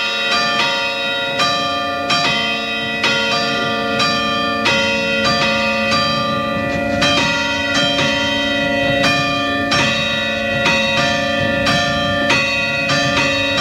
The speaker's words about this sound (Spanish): Santander, iglesia de Santa Lucía. Estamos en Cantabria, en el centro de la ciudad capital de Cantabria. Data de mediados del siglo XIX y suenan cuatro campanas, todas ellas de 1888. Iglesia de Santa Lucía, Santander.